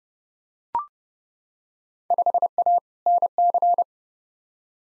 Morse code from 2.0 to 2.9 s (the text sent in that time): 5A